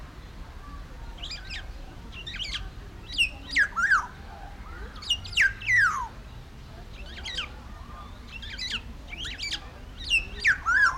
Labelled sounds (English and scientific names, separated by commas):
Black-naped Oriole (Oriolus chinensis)